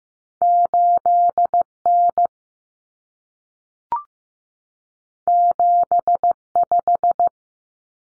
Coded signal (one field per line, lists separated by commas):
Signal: Morse code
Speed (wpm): 15 wpm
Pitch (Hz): 700 Hz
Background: none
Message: 8N 75